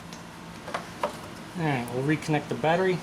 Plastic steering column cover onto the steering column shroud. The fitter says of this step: and then get it to snap into place just like that.